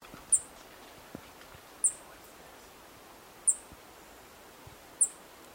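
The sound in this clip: Buff-tailed coronet song: very high, thin, sharp single notes repeated about every one and a half seconds, four in all, over a quiet hiss of background noise.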